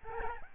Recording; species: mosquito wingbeat signal from an infrared sensor; Aedes albopictus